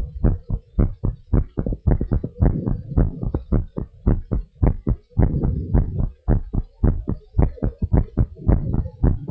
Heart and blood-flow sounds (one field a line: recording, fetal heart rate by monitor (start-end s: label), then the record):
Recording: heart sounds of a pregnant woman by stethoscope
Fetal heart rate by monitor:
no fetal heartbeat
From the record:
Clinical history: decreased amniotic fluid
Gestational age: 34 weeks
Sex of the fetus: girl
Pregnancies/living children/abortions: 3/0/2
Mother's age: 34 years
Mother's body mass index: 28.9